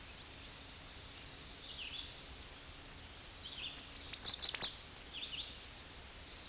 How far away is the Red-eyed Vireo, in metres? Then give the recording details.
about 30 m. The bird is about 15 m above the microphone. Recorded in a Pennsylvania forest on 16 May 2024 at 08:17. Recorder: AudioMoth, point MSD-0398. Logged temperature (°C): 16.4 °C. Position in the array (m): 166 m, 69 m